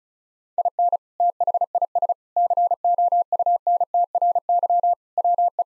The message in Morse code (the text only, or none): IN THIS COUNTRY WE